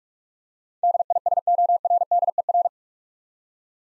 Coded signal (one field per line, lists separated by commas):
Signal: Morse code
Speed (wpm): 46 wpm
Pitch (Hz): 700 Hz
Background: none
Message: DISORDER